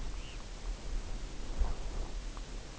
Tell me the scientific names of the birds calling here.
Phalaropus fulicarius